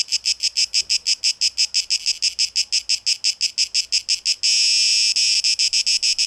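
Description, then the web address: Cicada song of clear, rapid rasping pulses, breaking into a short continuous buzz near the end before pulsing again. Recorded 12 August 2023. "rauschpartikel 2023-08-12 Zikaden"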